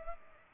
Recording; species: mosquito wingbeat signal from an infrared sensor; Culex pipiens